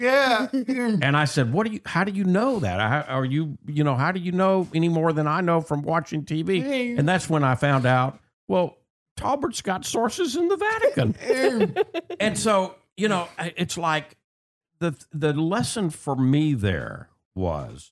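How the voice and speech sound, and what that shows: Clear, fluent adult conversational speech from a talk-show host at a relaxed pace, with ordinary pauses and fillers; typical voice.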